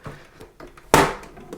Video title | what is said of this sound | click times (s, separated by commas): PS5 : How to Fix Overheating Problems - Many Solutions! | Here we go. It has clicked. | 0.9 s